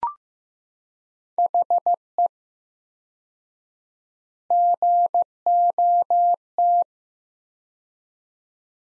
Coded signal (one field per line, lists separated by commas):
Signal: Morse code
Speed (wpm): 15 wpm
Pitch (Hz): 700 Hz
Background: none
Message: HE GOT